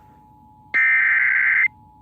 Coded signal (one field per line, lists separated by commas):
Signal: Emergency Alert System (SAME) tones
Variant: header bursts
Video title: May 25, 2018 EAS weather alerts (EAS #626-632)